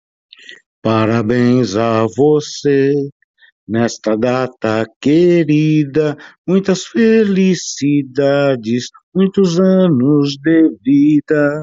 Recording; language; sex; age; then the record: short text; Brazilian Portuguese; male; 60 to 69 years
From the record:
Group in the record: control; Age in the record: 63 years